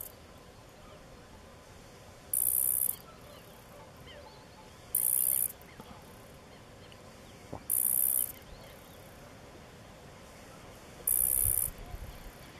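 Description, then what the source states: Grasshopper stridulation: short, hissing, high-pitched bursts, each about half a second long, repeated roughly every three seconds over a faint steady background. Sound made by rubbing the hind legs against the forewings, likened to a cricket's chirping.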